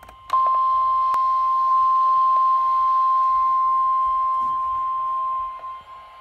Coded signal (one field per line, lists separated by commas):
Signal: Emergency Alert System (SAME) tones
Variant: 1050 Hz attention tone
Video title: Real NOAA Weather Radio Alert #9: Severe Thunderstorm Warning